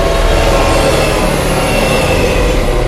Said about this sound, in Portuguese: Beleza, de repente vocês vêm se aproximando, um trem, outro trem, vem uma ventania que joga todo mundo contra os corrimões da passarela, e vocês estão... Ah, vocês seguram com os dedos no chão gradeado de metal. Trem passando...